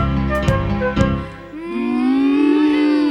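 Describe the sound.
A voice in a children's song imitates a cow lowing in the stable, one long drawn-out sustained tone that slides slightly upward, following a few strummed musical chords with backing music continuing underneath.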